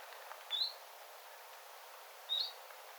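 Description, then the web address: Common chiffchaff calls twice, each a brief high upward-slurred whistle, nearly two seconds apart against a soft steady hiss. Calls recorded beside a bird tower on 9 September 2025. "9 9 2025 tiltaltin aantelya lintutornin vierella"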